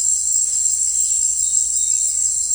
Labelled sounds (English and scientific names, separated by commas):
none